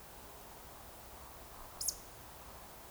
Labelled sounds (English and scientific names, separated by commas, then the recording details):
Eurasian Woodcock (Scolopax rusticola) whistle, Eurasian Woodcock (Scolopax rusticola) croak
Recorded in Baden-Württemberg, Germany, on 29 June 2020 at 02:31 UTC
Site 43791, 788 m above sea level